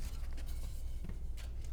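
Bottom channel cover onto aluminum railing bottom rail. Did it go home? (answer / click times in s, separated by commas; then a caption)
no / none. An aluminum bottom channel cover is being rolled onto the bottom rail of an aluminum railing as a compression fit. Low handling and rubbing sounds carry a few brief taps near 0.3, 1.1 and 1.7 seconds. Nothing has snapped or seated yet.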